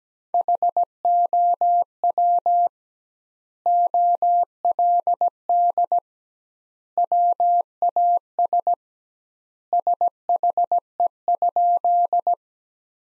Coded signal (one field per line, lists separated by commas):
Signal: Morse code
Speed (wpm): 17 wpm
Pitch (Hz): 700 Hz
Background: none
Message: HOW OLD WAS SHE?